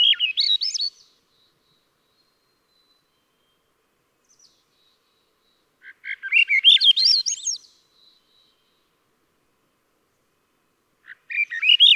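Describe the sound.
Swainson's thrush repeating its rising, spiralling whistled phrase with long silent gaps between; the full phrase opens with a few soft low notes before climbing higher.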